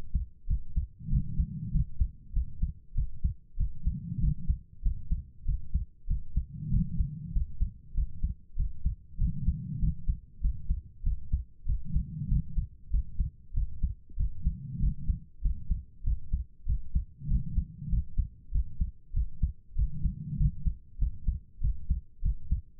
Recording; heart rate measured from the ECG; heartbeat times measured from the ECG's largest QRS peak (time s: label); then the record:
heart sounds by stethoscope; 97 bpm
0.46 s: heartbeat
1.08 s: heartbeat
1.70 s: heartbeat
2.32 s: heartbeat
2.93 s: heartbeat
3.56 s: heartbeat
4.19 s: heartbeat
4.81 s: heartbeat
5.44 s: heartbeat
6.06 s: heartbeat
6.69 s: heartbeat
7.31 s: heartbeat
7.93 s: heartbeat
8.55 s: heartbeat
9.17 s: heartbeat
9.78 s: heartbeat
10.40 s: heartbeat
11.02 s: heartbeat
11.64 s: heartbeat
12.27 s: heartbeat
12.89 s: heartbeat
13.53 s: heartbeat
14.15 s: heartbeat
14.78 s: heartbeat
15.41 s: heartbeat
16.03 s: heartbeat
16.65 s: heartbeat
17.27 s: heartbeat
17.88 s: heartbeat
18.50 s: heartbeat
19.12 s: heartbeat
19.74 s: heartbeat
20.36 s: heartbeat
20.97 s: heartbeat
21.60 s: heartbeat
22.21 s: heartbeat
From the record:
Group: healthy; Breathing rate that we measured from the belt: 22 breaths a minute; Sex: female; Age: 32 years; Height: 172 cm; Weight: 71.7 kg